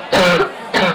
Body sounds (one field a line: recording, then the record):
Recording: coughing mixed with background sound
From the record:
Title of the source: Barking cough - # 10